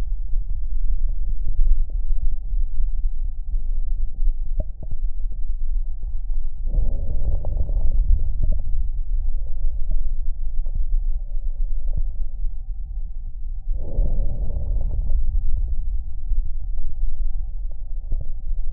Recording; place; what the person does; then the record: lung sounds by stethoscope; left anterior apical chest; quiet breathing, then deep breathing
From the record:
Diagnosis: interstitial lung disease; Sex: female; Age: 65 years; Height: 156 cm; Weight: 66.8 kg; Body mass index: 27.4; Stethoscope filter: extended mode